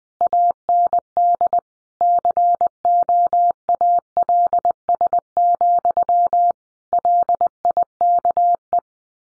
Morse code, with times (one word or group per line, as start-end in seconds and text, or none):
0.2-1.6 AND
2.0-6.5 COALS,
6.9-8.8 LIKE